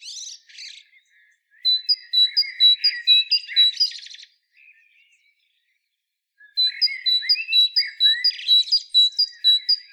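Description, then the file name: Great tit calls: scratchy chatter, then rows of sharp high paired notes repeated about twice a second, a long quiet gap, then the chatter and notes resume. "Parus major"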